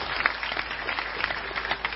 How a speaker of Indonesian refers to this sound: Tepuk tangan dulu